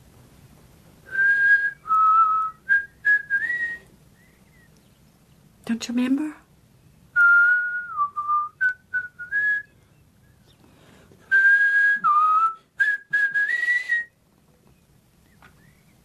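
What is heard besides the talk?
person whistling a tune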